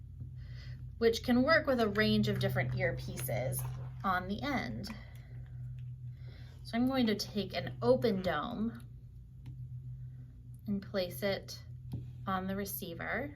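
Someone talks while a soft silicone open dome is picked up and lined up to be pushed onto the receiver of a Phonak Paradise Audeo hearing aid. Only faint handling taps are heard between the words. Nothing has seated or clicked yet.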